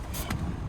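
The rear seatback release latch in the rear seat of a 2017 Chevy Cruze Hatchback RS is pushed in to unlock the seatback so it can fold flat. A single short, sharp click is heard at 0.3 s over a steady low rumble. The latch releases.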